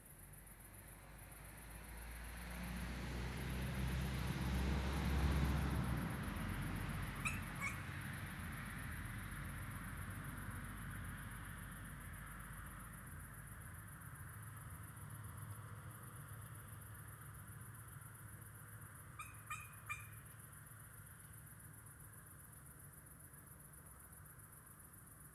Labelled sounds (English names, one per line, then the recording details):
Long-eared Owl alarm call
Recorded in the wild
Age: juvenile
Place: Flemmingen, Thuringia, DE
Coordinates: 50.9338, 12.615
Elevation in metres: 256
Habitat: orchard meadow
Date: 2024-07-29 21:46
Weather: 20°C, no wind
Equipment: Sound Devices MixPre6, 2 Sennheiser MKH8040
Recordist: Frommolt, Karl-Heinz